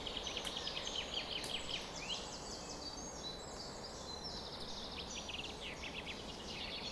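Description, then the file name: Many birds singing at once, sharp high chips and fast trills overlapping, short whistled notes now and then, over steady background noise. Bird chorus on a summer morning at 4:40 am. "summer morning bird chorus-4 40 am in cobs"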